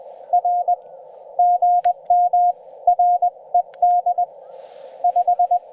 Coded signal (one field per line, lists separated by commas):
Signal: Morse code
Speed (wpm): 20 wpm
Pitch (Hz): 700 Hz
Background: none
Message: R GM RED 5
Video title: 5 watts for Summits on the Air on VHF, HF and CW